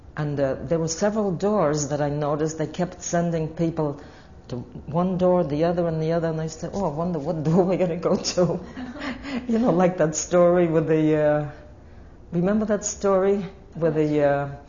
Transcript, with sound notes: And, uh, there were several doors, that I noticed, they kept sending people to one door, the other and the other. And I said, "Oh, I wonder what door we're going to go through?" (They laugh.) Like that story with the, uh, remember that story with the, uh,